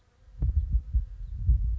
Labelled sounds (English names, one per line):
House Finch